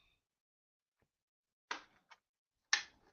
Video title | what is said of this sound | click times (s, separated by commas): The Ryan Swanstrom Show: Looking at Some Headsets | it just snaps into place like that the sides on here are somewhat flexible | 1.7 s, 2.7 s